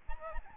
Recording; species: mosquito wingbeat signal from an infrared sensor; Aedes albopictus